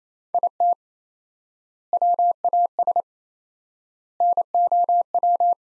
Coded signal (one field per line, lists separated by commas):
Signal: Morse code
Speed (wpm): 28 wpm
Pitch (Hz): 700 Hz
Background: none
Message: IT WAS NOW